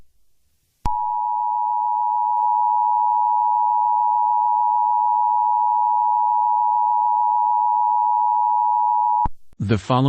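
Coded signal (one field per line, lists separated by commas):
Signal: Emergency Alert System (SAME) tones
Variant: 853 and 960 Hz attention tone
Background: speech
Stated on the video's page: Fictional zombie apocalypse alert scenario, not a real alert.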